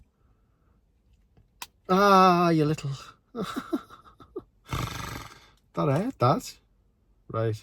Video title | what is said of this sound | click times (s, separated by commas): Numan Vs Thriva Blood Test Review: Accurate Results & Honest Comparison - OperationFeelFit.com | I think you just press this down and until it clicks | 1.6 s